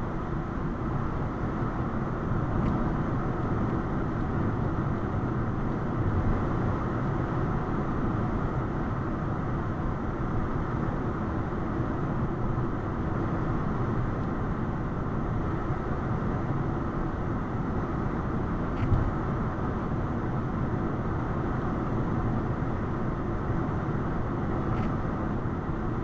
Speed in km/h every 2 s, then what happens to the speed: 97, 95, 95, 95, 95, 97, 97, 97, 97, 97, 97, 97, 97.
0-26 steady at about 97.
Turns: none.